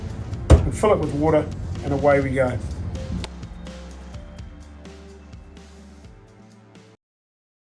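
A reassembled plastic water tank is pushed back into its bay for the ice maker in a Mitsubishi Electric multi-drawer refrigerator, landing with a sharp knock at 0.5 s. Someone talks over soft background music. The tank is seated and sits flush.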